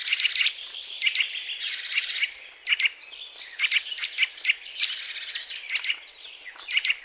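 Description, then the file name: Eurasian nuthatch calls, short paired notes repeated at irregular intervals, over a busy background of overlapping high chirps and trills. "Sitta europaea"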